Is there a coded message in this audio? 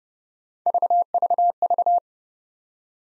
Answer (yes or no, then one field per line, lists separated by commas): no